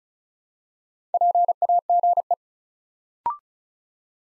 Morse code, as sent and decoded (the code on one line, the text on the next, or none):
.--. .- --. .
PAGE